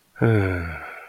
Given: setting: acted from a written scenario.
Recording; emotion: vocal sound without words; contentment